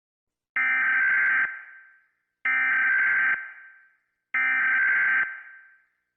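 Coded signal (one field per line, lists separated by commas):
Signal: Emergency Alert System (SAME) tones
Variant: header bursts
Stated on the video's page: Prank alert.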